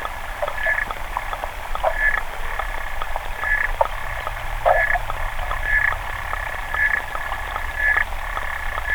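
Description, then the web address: Clawed frog making soft, rasping trill bursts repeated about once a second, with scattered clicks. "sounds xenopus"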